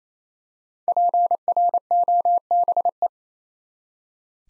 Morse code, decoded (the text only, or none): PROBE